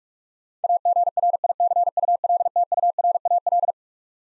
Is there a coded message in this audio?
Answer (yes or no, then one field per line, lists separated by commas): yes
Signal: Morse code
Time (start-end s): 0.6-3.7 s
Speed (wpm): 47 wpm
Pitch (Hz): 700 Hz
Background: none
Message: AGRICULTURAL